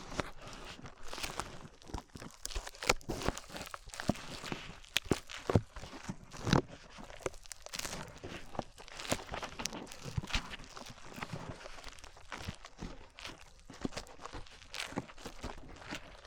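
Slime being squished and pressed, making a steady run of wet, sticky clicks and pops. The bursts come quickly and unevenly, packed close together with no pauses, a few sharper pops standing out around the middle, over a faint low rumble.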